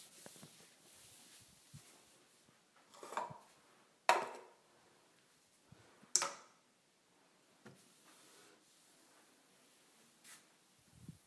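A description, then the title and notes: A counter is cleaned with a wipe: soft rubbing and scraping strokes, with sharp clacks and swishes near four and six seconds and faint knocks. ASMR Cleaning the Counter with a Wipe.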